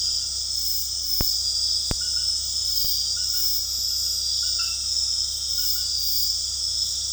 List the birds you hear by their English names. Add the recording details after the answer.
none. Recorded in dense forest near Puerto Asís, Putumayo, Colombia, on 18 February 2024 at 22:00. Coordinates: 0.485, -76.322. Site G6406